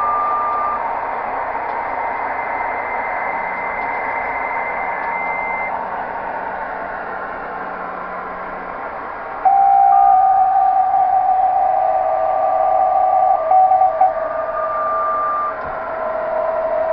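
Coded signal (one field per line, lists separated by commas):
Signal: PSK63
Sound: thin steady warbling tones near 750 Hz and 1.2 kHz under shortwave hiss, louder after 9.5 seconds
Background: radio static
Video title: Tecsun PL 660: Decoding PSK63 on 21.070 LZ1KAA Radio Club, Bulgaria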